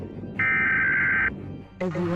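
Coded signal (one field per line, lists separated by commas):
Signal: Emergency Alert System (SAME) tones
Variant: header bursts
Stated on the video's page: Simulated nuclear strike alert on a fictional network.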